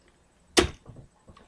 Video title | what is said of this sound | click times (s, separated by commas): A&K M249 Box Magazine Tutorial | There's your click. | 0.6 s